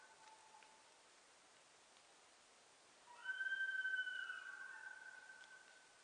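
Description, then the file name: Sika deer giving one long, high, clear whistle that starts strong and fades out slowly, with a fainter overtone above it, against a quiet hiss. Japanese sika deer, recorded 4 November 2006. "061104 nihonjika"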